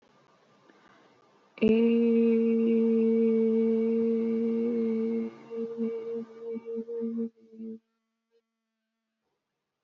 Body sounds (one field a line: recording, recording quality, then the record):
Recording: sustained vowel as in made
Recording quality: excellent, no background noise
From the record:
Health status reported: respiratory illness, not identified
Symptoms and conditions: none ticked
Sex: female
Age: 22 years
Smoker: not ticked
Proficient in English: yes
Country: India